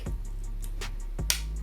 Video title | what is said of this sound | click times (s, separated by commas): ASUS ZenGimbal G3M-B1 Unboxing Video | press this button and lift this then wait for the click | 1.3 s